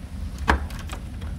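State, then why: Seated. A 6-pin PCIe power plug from a six-plus-two-pin power supply cable is pushed into the corner power socket of a GTX 1060 graphics card. Against a low background hum, its rear latch snaps into place with one sharp click at 0.5 s, followed by a few faint knocks. The connector is seated.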